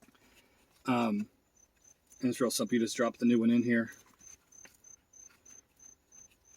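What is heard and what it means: A new pleated cabin air filter for a 2006-2011 Honda Civic is dropped into its plastic cartridge and handled, before the cartridge is slid back into the HVAC housing. Someone talks, then a series of faint, evenly spaced high-pitched chirps continues to the end over soft handling sounds. Nothing has seated or clicked yet.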